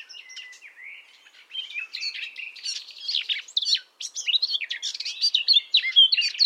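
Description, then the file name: Common nightingale song with a thin whistle, then an increasingly loud, dense run of varied chirps, slurs and trills. "Luscinia megarhynchos"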